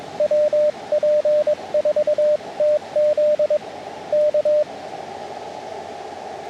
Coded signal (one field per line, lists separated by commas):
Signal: Morse code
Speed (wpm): 22 wpm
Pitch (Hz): 600 Hz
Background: radio noise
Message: WP4TZ K